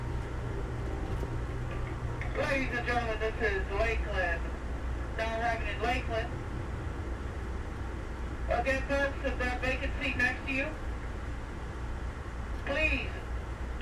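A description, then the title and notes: Voices speak in short bursts around seconds 2–4, 5–7, 8.5–10.5 and 13 over a steady low rumble of the moving train. Train Ride From Tampa To Ft.Lauderdale. Ambient Sounds, Train Sounds, White Noise, Talking.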